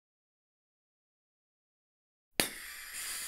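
The nitrous oxide cartridge cap on a handheld cryotherapy device is turned counterclockwise until it vents and the gas is released. After near silence, a sharp pop comes at 2.4 seconds. A steady broadband hiss of escaping gas follows to the end.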